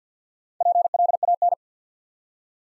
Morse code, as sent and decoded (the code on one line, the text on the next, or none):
.--. .-.. .- -.
PLAN